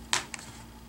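A plastic hinge cover on a Dell Chromebook 11 laptop lid is pressed back into place with the fingers during a screen and bezel replacement. A sharp snap at 0.1 s is followed by a quieter click at 0.3 s as the cover seats.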